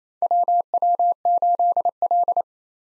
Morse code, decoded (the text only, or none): WW8L